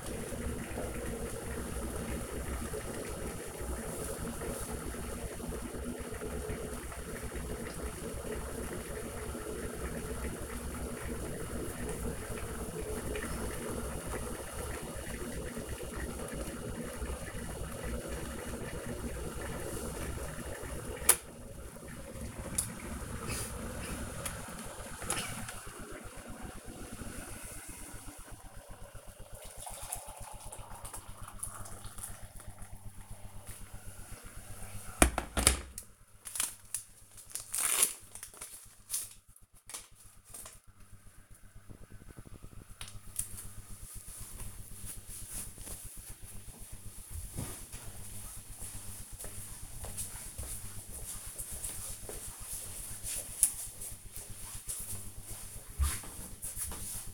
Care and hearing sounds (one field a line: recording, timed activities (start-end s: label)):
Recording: household activities, microphone on the right wrist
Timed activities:
0.00-43.57 s: making tea